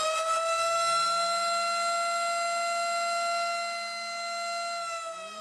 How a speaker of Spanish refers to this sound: Al oír la grave situación, se activa la alarma de emergencia.